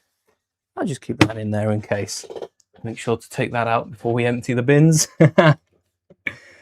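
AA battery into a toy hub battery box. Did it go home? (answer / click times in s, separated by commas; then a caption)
partly / 6.3 s. An AA battery is pushed into a toy hub battery box while someone talks. A short click comes at 6.3 s. The result is only partial, because the last battery is not fully seated and sits only half in.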